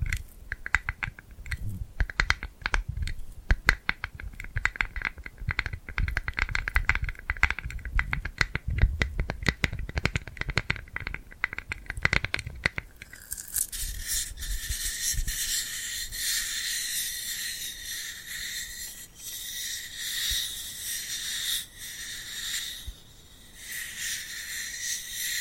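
Glued hands make sticky, tingly sounds. For the first thirteen seconds there are dense rapid clicks and crackles over a low rumble. After that the sound turns into a steady, bright hiss of peeling and rubbing with small swells and dips.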